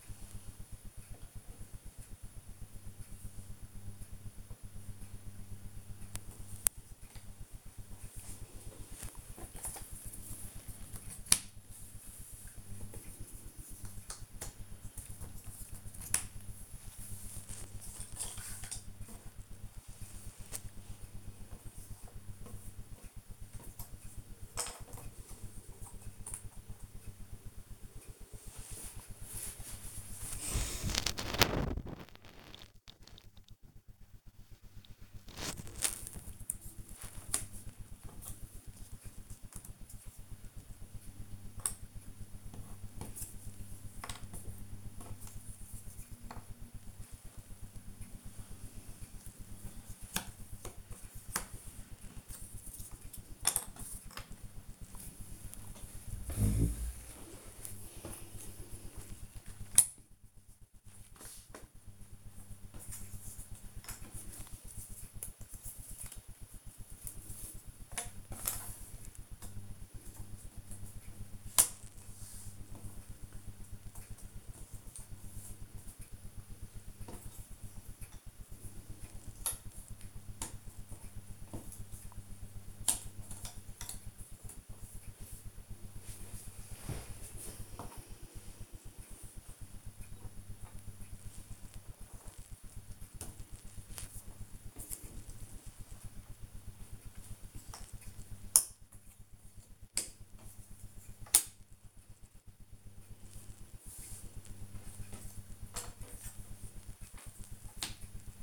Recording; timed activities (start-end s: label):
household activities, microphone on the right wrist
0.00-108.43 s: doing a puzzle